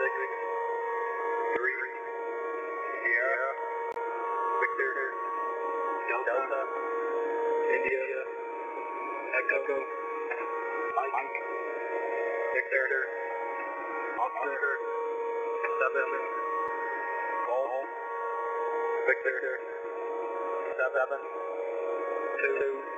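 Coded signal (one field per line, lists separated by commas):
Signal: coded military voice message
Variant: HFGCS Emergency Action Message, English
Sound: man steadily reading phonetic-alphabet letters and digits over a narrow radio channel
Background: radio static, hum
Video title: UVB-76 and US Emergency Action Message – January 25 2022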